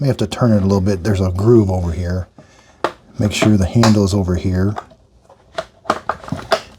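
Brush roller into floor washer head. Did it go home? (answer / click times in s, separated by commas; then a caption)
yes / 6.5 s. Someone talks while sliding the brush roller onto the floor-washer head of a Tineco Floor S7 cordless steam mop, turning it to line up with its groove. A few small handling clicks follow as it is pressed in, and the roller snaps into place with a sharp click at 6.5 s.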